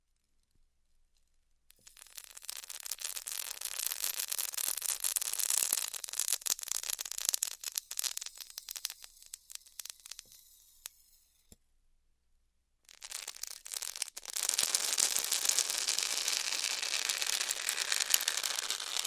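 Styrofoam being cut with a hot wire: dense crackling hiss starting near two seconds, fading around eleven, pausing, then resuming steadily from thirteen seconds.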